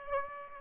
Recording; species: mosquito wingbeat signal from an infrared sensor; Aedes aegypti